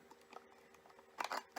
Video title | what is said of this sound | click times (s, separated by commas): Sentrol, Inc. Applications Tip # 3. PR Electronics. | Easily snaps back in. | 1.2 s